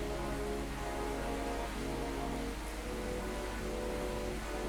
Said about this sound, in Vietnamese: Xin phép các bạn một chút, bây giờ trời bắt đầu mưa rất là to.